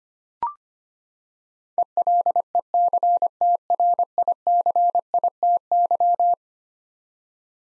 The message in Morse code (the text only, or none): ELECTRICITY